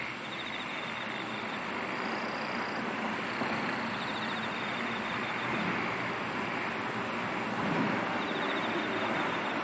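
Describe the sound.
Insects singing in a dense chorus: bursts of very high trilling repeat over a steady drone and a broad rushing hiss.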